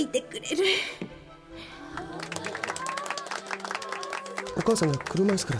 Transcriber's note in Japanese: 大きな拍手の音